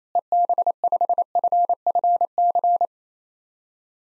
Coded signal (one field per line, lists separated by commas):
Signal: Morse code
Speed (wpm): 28 wpm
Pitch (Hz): 700 Hz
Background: none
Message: EB5FFC